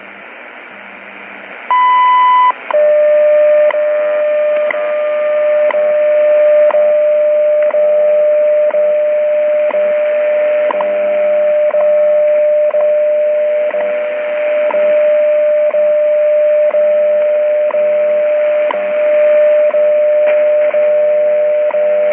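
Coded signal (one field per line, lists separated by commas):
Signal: radio time signal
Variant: WWV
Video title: Shortwave Radio: WWV - Time Signal Station - 5000khz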